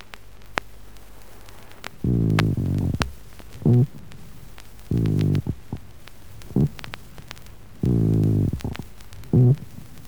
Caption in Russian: Грубый шум трения плевры, ощущаемый даже пальпаторно. Отличить грубый шум трения плевры от других побочных дыхательных шумов не представляет трудностей.